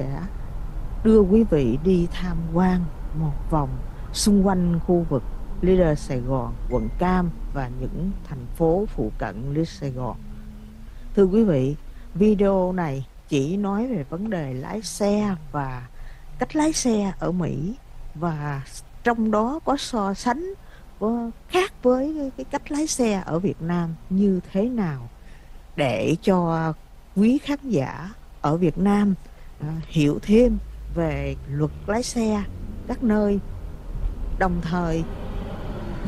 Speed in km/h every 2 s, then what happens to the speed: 53, 53, 45, 31, 16, 3, 0, 0, 0, 0, 0, 0, 0, 0, 0, 10, 26, 39.
2-11 brakes to 0. 11-28 standing. 28-36 pulls away to 39.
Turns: none.